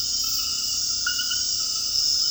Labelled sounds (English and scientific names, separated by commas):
none